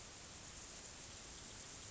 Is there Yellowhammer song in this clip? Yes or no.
no